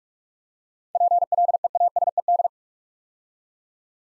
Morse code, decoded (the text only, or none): PLEASED